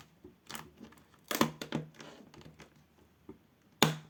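A plastic screen bezel is pressed around its edge onto the display lid of a ThinkPad T14 laptop during a screen replacement, with crinkling, rustling handling noise throughout. Its clips snap into place with a click at 1.4 s and a sharp, loud snap at 3.8 s, seating the bezel.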